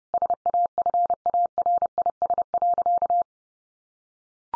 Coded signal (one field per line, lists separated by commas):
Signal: Morse code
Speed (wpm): 30 wpm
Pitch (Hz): 700 Hz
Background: none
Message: SAFARIS.